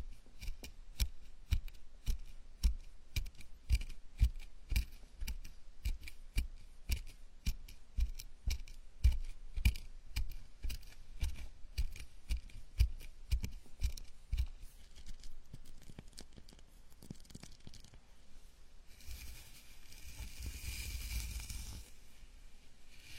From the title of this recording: scalp massage, gentle and comfortable